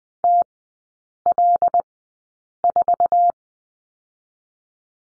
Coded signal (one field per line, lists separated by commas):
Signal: Morse code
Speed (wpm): 20 wpm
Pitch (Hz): 700 Hz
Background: none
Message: TL4